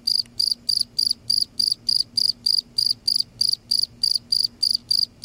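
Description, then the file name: Cricket chirping, short high pulsed chirps about three per second in a steady rhythm, with a faint low hum underneath. "cricket insect sound silence"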